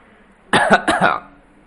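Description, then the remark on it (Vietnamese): A light, dry cough made of two quick bursts in a row, short and breathy, with no talking around it, given by old Edward to draw the guests' attention at an engagement ceremony. “Nhẹ nhàng ho khan một tiếng, lão Edward chờ khi toàn bộ khách nhân đưa ánh mắt nhìn về phía hắn”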